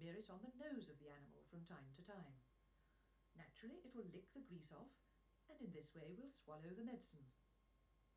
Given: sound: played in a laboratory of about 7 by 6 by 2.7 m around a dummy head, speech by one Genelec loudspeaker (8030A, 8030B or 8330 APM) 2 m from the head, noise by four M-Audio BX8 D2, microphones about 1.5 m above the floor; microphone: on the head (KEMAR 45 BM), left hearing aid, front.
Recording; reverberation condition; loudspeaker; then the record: female speech in English; low; behind (180 degrees)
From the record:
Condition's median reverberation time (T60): about 310 ms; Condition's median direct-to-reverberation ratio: about 3.5 dB